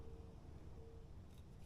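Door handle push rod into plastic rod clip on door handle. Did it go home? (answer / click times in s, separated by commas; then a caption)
no / none. A door handle push rod on an 85 Monte Carlo is pushed through its plastic retaining clip on the door handle, giving only faint low rubbing and handling noise with a brief steady tone. The rod does not snap in and nothing has seated or clicked yet, because the clip hole needs opening up a little more.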